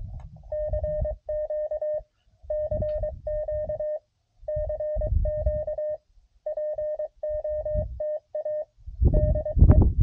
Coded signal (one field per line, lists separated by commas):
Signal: Morse code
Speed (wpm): 23 wpm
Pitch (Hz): 620 Hz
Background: radio noise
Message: CQ CQ CQ POTA DE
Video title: CW POTA Activation On The Mountain Topper